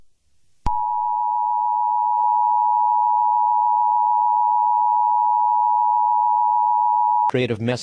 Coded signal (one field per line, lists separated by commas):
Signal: Emergency Alert System (SAME) tones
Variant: 853 and 960 Hz attention tone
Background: speech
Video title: A mini EAS scenario - Break in.